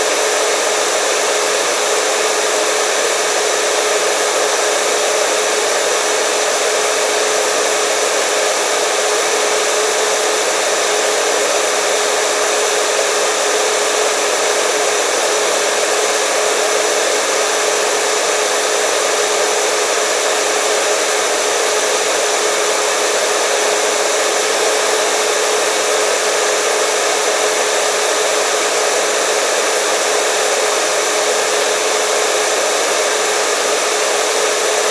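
White noise plays, a constant bright hiss that stays exactly the same from start to finish. Most of the sound sits in the middle and upper range, with a faint steady tone running through it and almost no low rumble.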